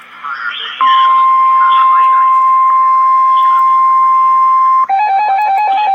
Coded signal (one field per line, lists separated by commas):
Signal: Emergency Alert System (SAME) tones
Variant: 1050 Hz attention tone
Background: speech, music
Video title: REAL EAS 332-Special marine warning